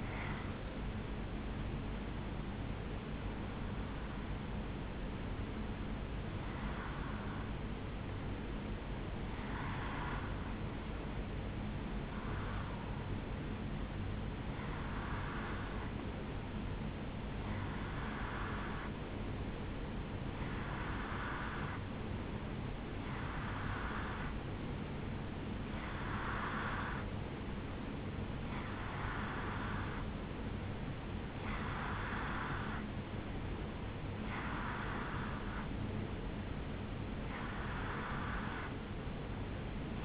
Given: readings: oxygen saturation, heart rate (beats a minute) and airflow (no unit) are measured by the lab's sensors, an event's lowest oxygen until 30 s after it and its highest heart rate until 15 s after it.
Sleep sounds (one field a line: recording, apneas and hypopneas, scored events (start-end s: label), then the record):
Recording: breathing in sleep by a voice recorder at the bedside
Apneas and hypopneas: 1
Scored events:
7.00-27.90 s: hypopnea (N1, oxygen 95% highest, then 91% lowest, heart rate 71 at the start, 75 highest)
From the record:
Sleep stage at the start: N1 (lightest sleep)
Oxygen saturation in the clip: 91 to 95%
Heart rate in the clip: 71 to 75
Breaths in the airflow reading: 14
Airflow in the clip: -3.6 to 3.1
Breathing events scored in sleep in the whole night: 449 in 7.0 hours asleep